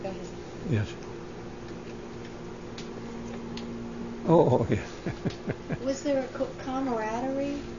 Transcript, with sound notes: Go ahead.
Oh, yes. ( he laughs )
Was there a camaraderie